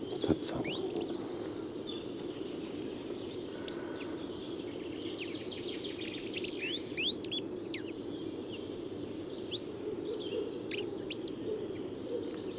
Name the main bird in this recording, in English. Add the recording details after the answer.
Goldcrest. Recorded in the wild. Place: Feldberger Seenlandschaft, Mecklenburg-Vorpommern, DE. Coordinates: 53.417, 13.5. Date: 1984-04-15 10:00. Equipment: Nagra III BH, Sennheiser MD 21, parabola. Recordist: Schubert, Michael